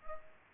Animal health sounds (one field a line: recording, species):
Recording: mosquito wingbeat signal from an infrared sensor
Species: Culex pipiens